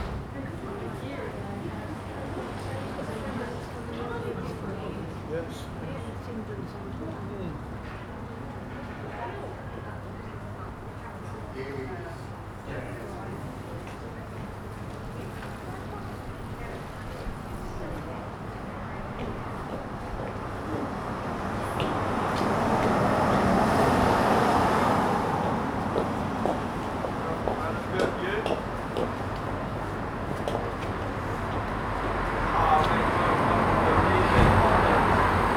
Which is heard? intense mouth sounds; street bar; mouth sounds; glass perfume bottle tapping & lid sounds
street bar